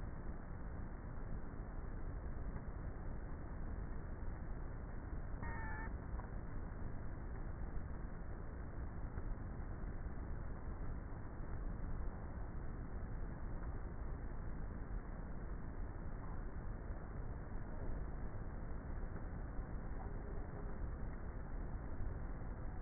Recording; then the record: honeybee colony, microphone inside the hive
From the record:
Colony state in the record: queenless with a low population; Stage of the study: before two queens were removed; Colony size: about 30,000 bees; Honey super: no